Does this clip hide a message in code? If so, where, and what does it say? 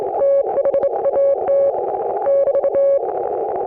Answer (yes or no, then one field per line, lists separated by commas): yes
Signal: Morse code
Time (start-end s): 0.2-3.0 s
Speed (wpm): 27 wpm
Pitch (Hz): 560 Hz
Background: none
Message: THAT <BT>